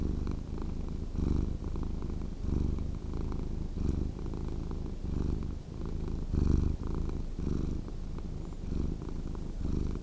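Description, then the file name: Cat giving a continuous low purr, a throbbing rumble that swells and dips in a steady breathing rhythm. "Cat Purring Sound"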